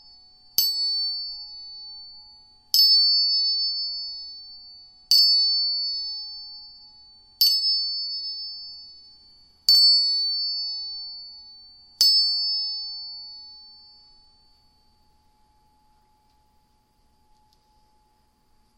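Six evenly spaced tuning fork strikes, each a bright ringing tone with a faint lower hum, fading slowly; the last rings out longest.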